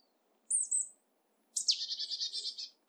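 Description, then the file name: Marsh tit calling a bright two-note call, then a sharp note running into a rapid buzzy series of several notes. "Poecile palustris"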